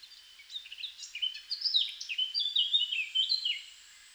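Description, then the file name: Eurasian blackcap warbling song, scratchy and varied at first, swelling into loud, pure fluting notes before fading. "Sylvia atricapilla"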